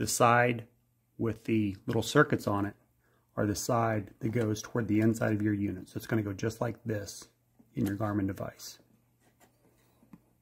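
Someone talks while lining up an SD card with the card slot of a Garmin Echomap fish finder, with the card's contacts facing the inside of the unit, and guiding it in before pushing it home. A faint, brief tick is heard near 10.1 s, but the card has not yet seated or clicked.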